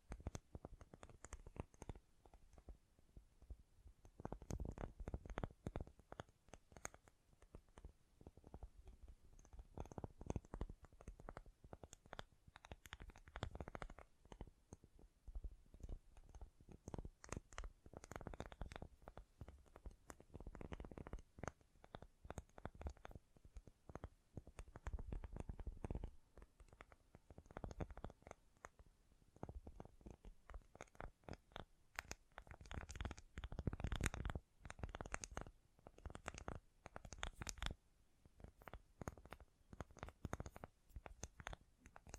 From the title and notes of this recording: ASMR Great Tapping Sounds for Sleep (No Talking).